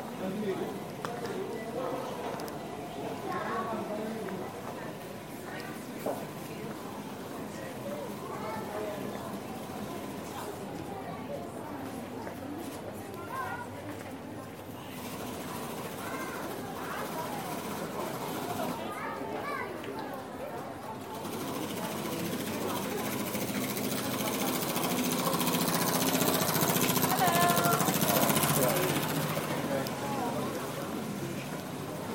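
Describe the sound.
Street ambience in Taormina, Sicily: a steady crowd of voices chattering and overlapping throughout. A faint mechanical rattle runs low underneath, and the scene grows louder and brighter with hiss from about 22 seconds, peaking near 27 seconds before easing slightly.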